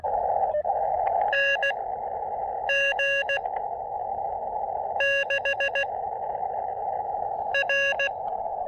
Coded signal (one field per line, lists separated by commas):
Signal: Morse code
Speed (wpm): 16 wpm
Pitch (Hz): 1650 Hz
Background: none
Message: NG6R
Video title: SOTA on Hibriten Mountain: Quick hike, pack test, and QRP summit fun!